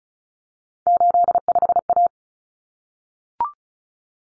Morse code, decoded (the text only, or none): 85A